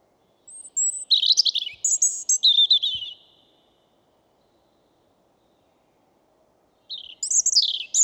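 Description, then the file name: European robin singing two bursts of sweet, high warbling and trilled notes, separated by about three seconds of silence. "Erithacus rubecula"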